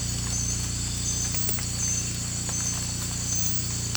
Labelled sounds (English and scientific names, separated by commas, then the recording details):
none
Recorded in pastures near Puerto Asís, Putumayo, Colombia, on 16 December 2024 at 02:00
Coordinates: 0.466, -76.322
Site G040